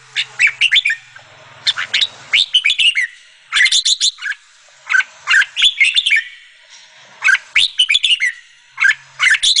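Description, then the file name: Sooty-headed bulbul song in short bubbly bursts of chirps and slurred whistles, roughly every second or two, with quiet gaps and a faint low buzz between phrases. "suara kutilang jambul"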